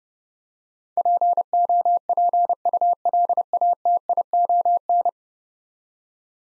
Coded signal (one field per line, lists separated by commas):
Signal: Morse code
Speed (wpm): 30 wpm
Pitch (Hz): 700 Hz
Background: none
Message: POPULATION